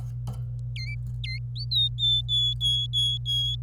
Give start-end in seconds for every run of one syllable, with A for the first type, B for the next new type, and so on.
0.76-0.95 A, 1.24-1.39 A, 1.55-3.56 B